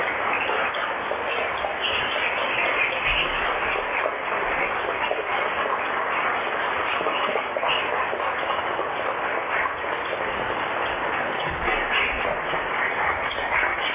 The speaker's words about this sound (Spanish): Fin del minuto de aplauso.